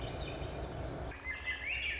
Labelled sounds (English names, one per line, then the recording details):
Swainson's Thrush
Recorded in Sonoma County, California